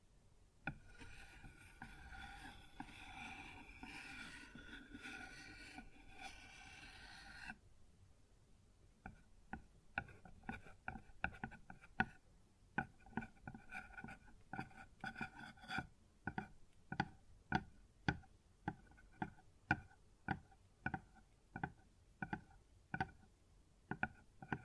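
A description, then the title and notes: Tapping on a wooden surface: a dense scratchy rustle for the first seven seconds, then sparse, crisp taps and clicks at irregular intervals. ASMR Sounds on Wooden Surface (No Talking).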